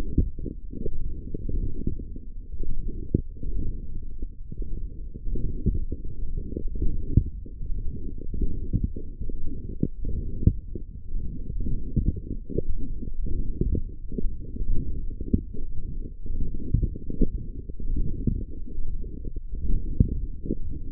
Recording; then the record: forearm muscle sounds (acoustic myography)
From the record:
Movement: forearm pronation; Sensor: system 1, eight BSWA MPA416 microphones around the upper forearm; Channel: 5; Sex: male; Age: 23 years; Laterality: right